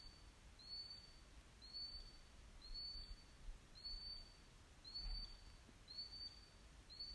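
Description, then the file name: Bird calling with a thin, high, slightly rising whistle repeated about once a second, over a low rumbling background. Recording sent in with a question in 2020. "nytt opptak fugl"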